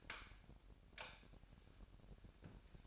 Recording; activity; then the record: daily activity, microphone in the room; light off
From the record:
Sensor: 2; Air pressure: 1011.8 hPa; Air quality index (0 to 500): 214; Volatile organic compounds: 3 ppm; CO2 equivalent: 1505 ppm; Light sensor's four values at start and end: 16/45/18/18 and 12/27/12/12